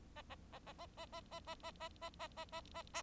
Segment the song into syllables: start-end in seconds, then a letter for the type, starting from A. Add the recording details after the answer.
0.15-0.22 A, 0.29-0.35 A, 0.52-0.59 A, 0.66-0.73 A, 0.78-0.86 A, 0.97-1.06 A, 1.12-1.21 A, 1.31-1.40 A, 1.47-1.55 A, 1.63-1.71 A, 1.80-1.89 A, 2.01-2.10 A, 2.19-2.27 A, 2.37-2.45 A, 2.52-2.61 A, 2.74-2.83 A, 2.93-3.02 A. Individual Bird4